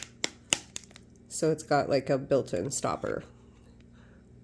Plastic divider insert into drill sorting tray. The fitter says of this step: and then that just snaps back in place